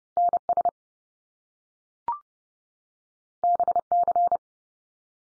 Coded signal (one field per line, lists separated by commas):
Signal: Morse code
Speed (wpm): 30 wpm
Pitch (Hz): 700 Hz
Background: none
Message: NS BC